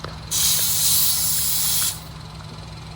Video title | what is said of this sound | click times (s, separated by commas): Vacuum cleaner + tyre inflator - TEXUM vacuum cleaner review - worth it ? Abhinayinfo | ఇది lock అయిపోయింది. | 0.0 s